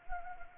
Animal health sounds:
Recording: mosquito wingbeat signal from an infrared sensor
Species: Anopheles arabiensis

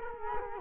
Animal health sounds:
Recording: mosquito wingbeat signal from an infrared sensor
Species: Culex quinquefasciatus

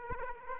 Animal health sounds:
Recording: mosquito wingbeat signal from an infrared sensor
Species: Aedes aegypti

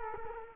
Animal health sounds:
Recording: mosquito wingbeat signal from an infrared sensor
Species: Culex quinquefasciatus

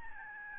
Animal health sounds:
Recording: mosquito wingbeat signal from an infrared sensor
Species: Aedes albopictus

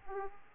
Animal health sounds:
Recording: mosquito wingbeat signal from an infrared sensor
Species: Aedes aegypti

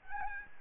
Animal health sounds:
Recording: mosquito wingbeat signal from an infrared sensor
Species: Aedes albopictus

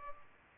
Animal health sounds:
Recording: mosquito wingbeat signal from an infrared sensor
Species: Culex pipiens

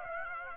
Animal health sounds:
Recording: mosquito wingbeat signal from an infrared sensor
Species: Aedes aegypti

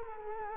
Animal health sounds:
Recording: mosquito wingbeat signal from an infrared sensor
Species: Culex quinquefasciatus

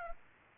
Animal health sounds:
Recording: mosquito wingbeat signal from an infrared sensor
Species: Aedes aegypti

